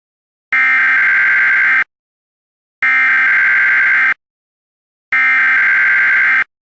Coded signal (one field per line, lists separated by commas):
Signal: Emergency Alert System (SAME) tones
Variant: header bursts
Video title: Local Area Network EAS Test